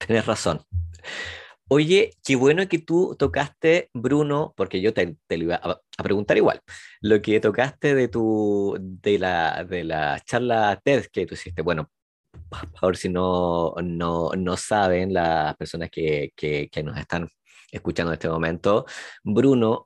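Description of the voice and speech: An adult man speaks conversational Spanish with frequent whole-word and syllable repetitions ("no, no, no", "que, que", "de, la, de la"), brief glottal blocks, and restarts between phrases. These are typical stuttering disfluencies, with otherwise steady, clear voicing.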